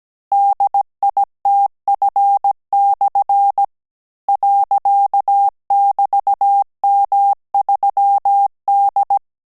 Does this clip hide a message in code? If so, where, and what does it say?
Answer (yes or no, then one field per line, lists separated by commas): yes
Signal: Morse code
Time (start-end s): 0.3-9.2 s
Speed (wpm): 17 wpm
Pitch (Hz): 800 Hz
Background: none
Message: DITF/ .<BT>M3D